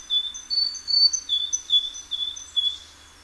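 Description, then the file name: Great tit calling with a rapid run of bright, high whistled notes that alternate between two pitches, about two or three per second, in otherwise quiet surroundings. "Parus major"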